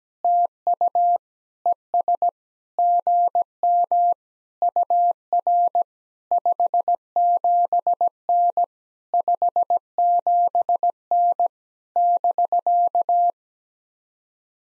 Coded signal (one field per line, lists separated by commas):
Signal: Morse code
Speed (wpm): 17 wpm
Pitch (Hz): 700 Hz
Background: none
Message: TU ES GM UR 57N 57N <BK>